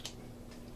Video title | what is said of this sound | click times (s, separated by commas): YoungMartin’sReels - Ted Williams Model 525 or Daiwa Millionaire Model M3R Service and Repair | There you go. You'll feel it click into place, and now you can put those 3 screws back. | 0.1 s